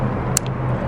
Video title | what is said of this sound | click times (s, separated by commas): Installing A 42" Diode Dynamics Light Bar onto Steves Toyota Rav4 Prinsu Roof Rack - Install + Wire | And you want to make sure it clicks in just like that. | 0.4 s